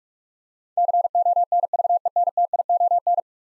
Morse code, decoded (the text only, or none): CONVENTION